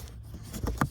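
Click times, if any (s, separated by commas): none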